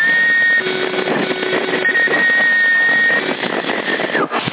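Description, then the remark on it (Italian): A steady, high whistle tone, sent as a signal test between CB operators in Sassari, Italy, in January 2021, comes through a hissy, band-limited CB radio channel, holding for several seconds with a lower hum beneath it, then dropping out into static. “Sì, lo sento il fischio, sì.”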